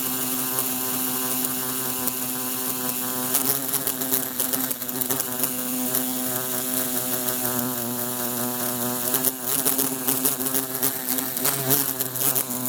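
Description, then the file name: Bumblebee buzzing continuously, a deep droning hum with slight pitch wobbles and frequent clicking taps throughout. Trying to escape through a closed window. "Bumblebee trying to escape thru closed window"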